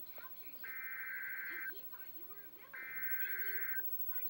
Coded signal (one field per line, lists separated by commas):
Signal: Emergency Alert System (SAME) tones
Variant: header bursts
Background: speech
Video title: EAS mock-the Wildcard of nature